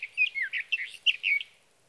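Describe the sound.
Sage thrasher song fragment, a quick burst of warbled and slurred whistled notes lasting about one and a half seconds before falling quiet.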